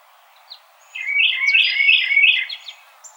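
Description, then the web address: Carolina Wren song: four loud rolling phrases repeated quickly, with faint thin high notes before and after. Recorded on 4 January 2007. "Carolina Wren 2007 01 04"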